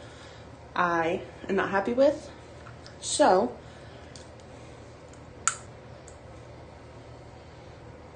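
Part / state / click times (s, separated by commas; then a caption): removable dental veneer onto the wearer's teeth / not seated / none. A removable clip-on dental veneer, a thin plastic or resin shell, is handled as the wearer gets ready to press it onto her teeth. Someone talks from about 0.8 to 3.4 seconds, and a few faint ticks follow, with a sharp one at 5.5 seconds. Nothing has seated or clicked into place yet.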